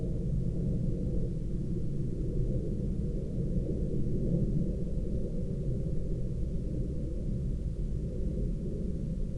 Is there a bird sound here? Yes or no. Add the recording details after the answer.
no. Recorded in Ivvavik National Park, Yukon, on 20 August 2019 at 19:09. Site AR04